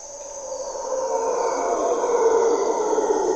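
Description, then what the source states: Mantled howler monkey howl, a gravelly, growing roar that gets louder throughout, with a persistent high-pitched insect whine. Mantled howler monkeys (Monos Congos) waking the jungle at morning twilight, Parque Nacional Corcovado, Osa Peninsula, Costa Rica; distinctive grunts and calls, males audible from several kilometers away.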